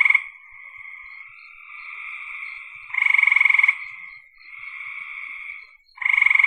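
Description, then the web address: Frog trilling steadily and buzzily, punctuated by three loud rattling pulsed croaks, one at the start, one midway and one at the end. "cn frogs"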